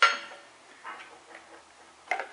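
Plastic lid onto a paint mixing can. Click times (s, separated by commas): 0.0 s, 2.1 s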